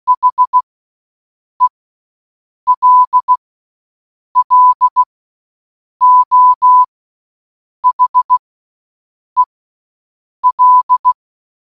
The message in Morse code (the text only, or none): HELLO HEL